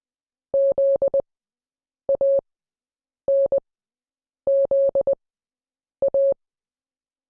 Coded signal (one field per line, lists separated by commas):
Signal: Morse code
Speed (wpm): 20 wpm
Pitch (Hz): 550 Hz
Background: none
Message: ZANZA